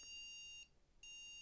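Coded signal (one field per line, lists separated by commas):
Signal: beep code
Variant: ASUS BIOS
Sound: a long high beep, a short pause, then another long beep cut off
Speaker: so this time instantly not recognized memory and all of a sudden you can hear the post beeps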